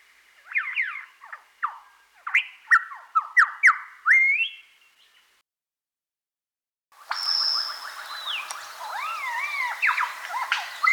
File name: superb lyrebird